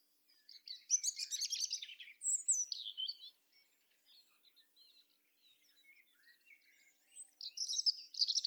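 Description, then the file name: European robin song: high, tinkling warbled phrases with quick twittering trills, separated by pauses and quieter thin notes, then a fresh burst near the end. "Erithacus rubecula"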